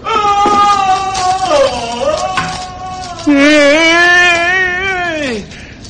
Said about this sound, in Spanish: Repetí sus gritos, sus alaridos como si fuera el eco, por lo que aumentaron en volumen y fuerza, aunque superé a los suyos. Hasta que Fortunato se cayó.